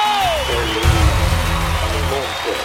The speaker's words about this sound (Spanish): Con ustedes, …, …. ¡Fuerte ese aplauso!